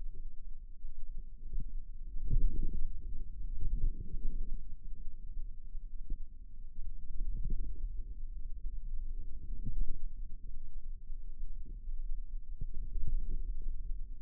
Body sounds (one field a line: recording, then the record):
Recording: forearm muscle sounds (acoustic myography)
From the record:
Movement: radial deviation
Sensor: system 2, bracelet of six BSWA MPA416 microphones around the upper forearm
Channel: 4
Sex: female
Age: 23 years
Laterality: right